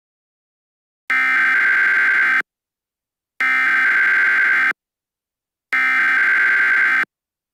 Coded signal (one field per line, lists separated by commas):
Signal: Emergency Alert System (SAME) tones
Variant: header bursts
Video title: EAS Mock: The Return Of Headless Kaicey